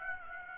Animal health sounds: mosquito wingbeat signal from an infrared sensor; Aedes aegypti

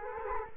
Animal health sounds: mosquito wingbeat signal from an infrared sensor; Culex quinquefasciatus

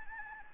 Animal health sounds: mosquito wingbeat signal from an infrared sensor; Anopheles gambiae

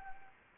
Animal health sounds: mosquito wingbeat signal from an infrared sensor; Anopheles gambiae

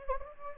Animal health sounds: mosquito wingbeat signal from an infrared sensor; Anopheles gambiae

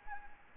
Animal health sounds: mosquito wingbeat signal from an infrared sensor; Anopheles arabiensis

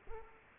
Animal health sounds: mosquito wingbeat signal from an infrared sensor; Culex quinquefasciatus

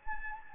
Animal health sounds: mosquito wingbeat signal from an infrared sensor; Anopheles gambiae

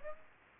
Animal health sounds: mosquito wingbeat signal from an infrared sensor; Aedes aegypti

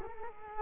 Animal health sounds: mosquito wingbeat signal from an infrared sensor; Culex quinquefasciatus

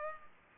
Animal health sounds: mosquito wingbeat signal from an infrared sensor; Culex pipiens

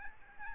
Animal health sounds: mosquito wingbeat signal from an infrared sensor; Aedes albopictus

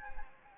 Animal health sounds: mosquito wingbeat signal from an infrared sensor; Anopheles gambiae

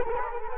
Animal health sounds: mosquito wingbeat signal from an infrared sensor; Culex quinquefasciatus

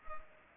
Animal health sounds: mosquito wingbeat signal from an infrared sensor; Culex pipiens

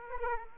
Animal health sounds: mosquito wingbeat signal from an infrared sensor; Aedes aegypti

